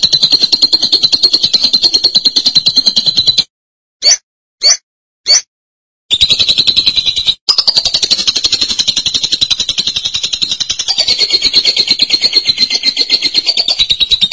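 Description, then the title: Lovebird song: long runs of fast, scratchy high chatter, interrupted midway by silence and three short sharp chirps, then the rapid buzzing trill resumes. "BM Suara Burung Lovebird"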